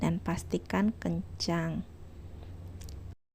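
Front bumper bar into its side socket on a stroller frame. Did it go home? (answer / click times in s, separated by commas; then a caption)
yes / 2.8 s, 2.9 s. Someone talks as the removable front bumper bar of a Wonfuss stroller is pushed back into its side socket on the stroller frame. Two short, sharp clicks come at 2.8 s and 2.9 s as it goes in. The bar is seated in the socket and tight.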